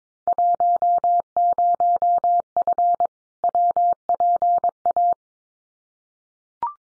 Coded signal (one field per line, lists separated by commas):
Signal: Morse code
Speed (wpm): 22 wpm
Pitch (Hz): 700 Hz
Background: none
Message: 10F WPA